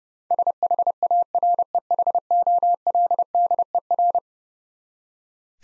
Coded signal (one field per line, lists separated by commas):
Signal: Morse code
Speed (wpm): 29 wpm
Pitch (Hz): 700 Hz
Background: none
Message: SHAREHOLDER